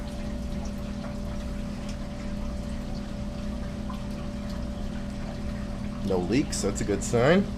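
A newly installed check valve on an ejector pump's discharge line runs under a steady droning hum with faint trickling water as the pump finishes emptying. Someone talks near the end. The check valve flapper has not clicked closed or seated yet to stop backflow.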